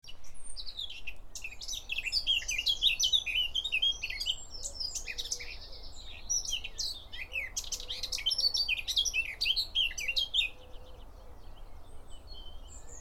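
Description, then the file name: Eurasian blackcap song, a fast, rambling run of varied chirps and warbled notes, high-pitched and almost continuous throughout, with a steady low background hum. "Sylvia atricapilla"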